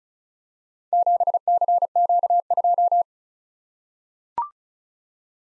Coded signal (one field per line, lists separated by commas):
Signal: Morse code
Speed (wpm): 36 wpm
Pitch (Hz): 700 Hz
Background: none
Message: 7CQ2